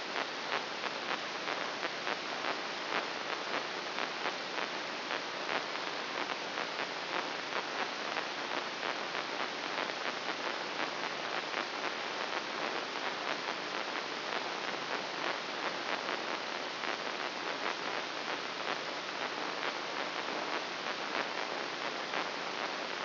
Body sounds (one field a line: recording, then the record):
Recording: brain microelectrode recording played as sound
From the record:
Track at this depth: inside the subthalamic nucleus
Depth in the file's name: 3.911 mm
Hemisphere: left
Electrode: 3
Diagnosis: Parkinson's disease